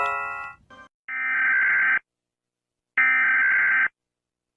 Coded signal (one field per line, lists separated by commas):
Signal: Emergency Alert System (SAME) tones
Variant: header bursts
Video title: Rating EAs alarms pt2